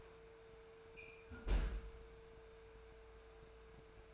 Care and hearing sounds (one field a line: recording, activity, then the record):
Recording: daily activity, microphone in the room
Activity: close fridge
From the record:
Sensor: 2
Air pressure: 1014.8 hPa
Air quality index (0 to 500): 196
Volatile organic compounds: 17 ppm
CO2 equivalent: 2586 ppm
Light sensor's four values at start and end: 26/64/28/31 and 26/65/28/31